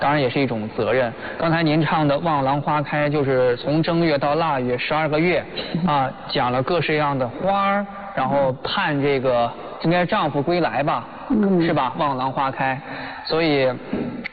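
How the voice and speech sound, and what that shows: Adult male speaker (host) talking in Mandarin Chinese in a steady, fluent flow with almost no pauses. Normal voice.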